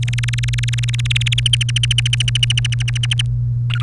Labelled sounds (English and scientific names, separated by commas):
Domestic Canary (Serinus canaria) song